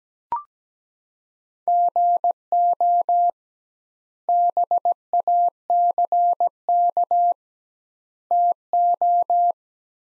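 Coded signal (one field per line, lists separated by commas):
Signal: Morse code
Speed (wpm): 17 wpm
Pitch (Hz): 700 Hz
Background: none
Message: GO BACK TO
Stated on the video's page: Morse practice of sentences from the top 500 words at 17 wpm, sent with twice standard word spacing, a word-based analogue of Farnsworth spacing.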